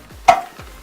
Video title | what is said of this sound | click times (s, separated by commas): ATV Maintenance: Spark Plug Change on Honda TRX450R | And you'll hear it pop, | 0.3 s